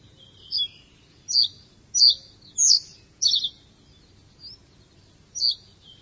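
Bird giving high twittering chirps, several bright notes clustered in the middle then a pause and one more, with quiet low background noise.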